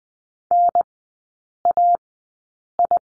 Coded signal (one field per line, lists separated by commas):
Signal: Morse code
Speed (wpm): 19 wpm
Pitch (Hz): 700 Hz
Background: none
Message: N A I